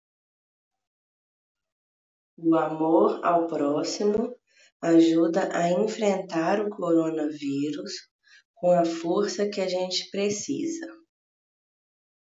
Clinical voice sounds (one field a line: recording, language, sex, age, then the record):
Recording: spoken sentence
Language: Brazilian Portuguese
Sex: female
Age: 30 to 39 years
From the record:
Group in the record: control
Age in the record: 37 years